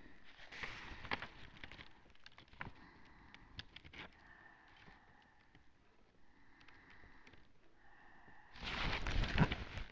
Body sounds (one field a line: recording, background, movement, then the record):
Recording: deep breathing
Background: quiet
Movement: sitting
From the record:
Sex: female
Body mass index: 25.5 kg/m2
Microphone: on the chest, facing the body